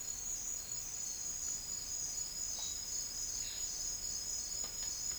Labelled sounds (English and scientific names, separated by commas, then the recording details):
none
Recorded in dense forest near Puerto Asís, Putumayo, Colombia, on 4 March 2025 at 08:30
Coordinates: 0.500, -76.322
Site GP06